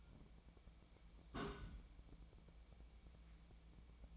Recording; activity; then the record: daily activity, microphone in the room; place on stove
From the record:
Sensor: 1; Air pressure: 1010.0 hPa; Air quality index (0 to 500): 187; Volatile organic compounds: 17 ppm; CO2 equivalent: 2565 ppm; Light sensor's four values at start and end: 39/101/42/51 and 39/100/42/51